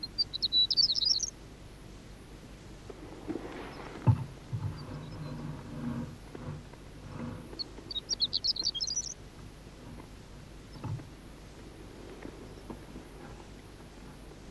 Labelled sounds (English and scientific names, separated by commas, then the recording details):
Horned Lark (Eremophila alpestris)
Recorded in the wild
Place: Wüste Gobi, MN
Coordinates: 42.795, 105.032
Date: 1979-06-01 05:45
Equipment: Nagra III BH, Sennheiser MD 21, parabola
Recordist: Schubert, Michael